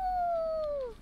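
Wolf howling, a single smooth tonal note that holds steady, then slides gently downward and fades after about a second.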